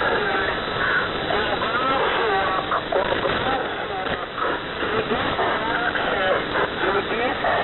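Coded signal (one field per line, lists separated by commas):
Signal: coded military voice message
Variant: Squeaky Wheel, Russian voice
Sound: a man's voice reading words over a noisy narrow-band radio channel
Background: radio static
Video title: The Squeaky Wheel | 15th August 2023 | "Dlya" Voice Message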